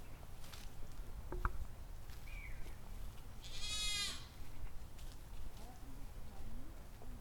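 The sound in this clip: Goat gives a single bleat lasting under a second, over low background rumble.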